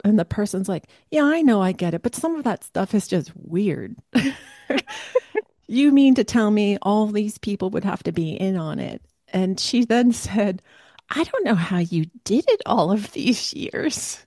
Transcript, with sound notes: And the person's like, "Yeah, I know, I get it, but some of that stuff is just weird."
(laughs)
"You mean to tell me all these people would have to be in on it?" And she then said, "I don't know how you did it all of these years."